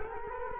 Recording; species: mosquito wingbeat signal from an infrared sensor; Culex quinquefasciatus